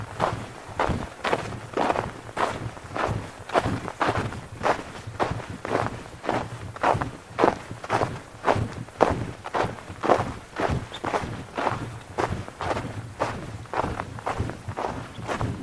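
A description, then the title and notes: Footsteps crunch through snow at a steady walking pace, roughly two steps per second, each one a crisp crunch. The rhythm stays even for the whole stretch, with a faint low hum running underneath. Snow walk in Parnassos mt, Greece. Winter #snow #Nature #Sounds #Walking. Walking in snow at Parnassos mountain.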